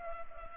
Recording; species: mosquito wingbeat signal from an infrared sensor; Culex pipiens